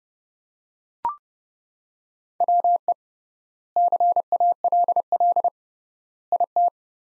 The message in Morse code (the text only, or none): WE CALL IT